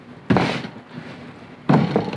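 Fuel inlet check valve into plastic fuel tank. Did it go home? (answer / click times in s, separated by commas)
yes / 0.3 s, 1.7 s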